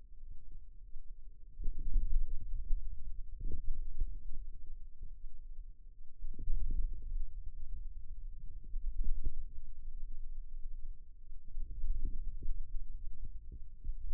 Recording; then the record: forearm muscle sounds (acoustic myography)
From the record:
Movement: ulnar deviation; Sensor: system 2, bracelet of six BSWA MPA416 microphones around the upper forearm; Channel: 6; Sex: female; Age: 22 years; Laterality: right